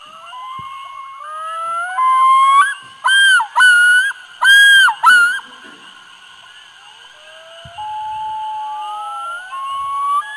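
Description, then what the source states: Loon yodel: long rising wails lead into a loud run of repeated, sharply looping two-part notes, followed by softer wails. Territorial yodel given only by the male, warning other males and territorial adults that the lake is occupied; defending territory, partner and chicks; several loons, some more distant.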